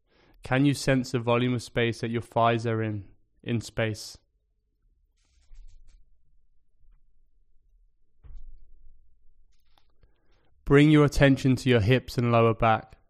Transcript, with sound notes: Can you sense the volume of space that your thighs are in... in space? [Pause 5 seconds] Bring your attention to your hips and lower back.